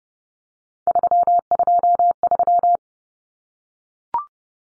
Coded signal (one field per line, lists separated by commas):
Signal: Morse code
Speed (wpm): 30 wpm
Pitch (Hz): 700 Hz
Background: none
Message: 323